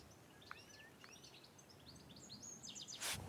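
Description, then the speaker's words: European goldfinch chittering: quick, varied high twittering and tinkling notes in loose bursts, with a sudden loud noise burst near the end over a quiet outdoor background. A small cluster of goldfinches, back in the area, chittering to each other in woodland in Cumbria where released beavers have created ponds and coppiced trees. "A little cluster of goldfinch. They're chittering away to each other."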